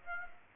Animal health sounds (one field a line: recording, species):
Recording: mosquito wingbeat signal from an infrared sensor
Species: Aedes aegypti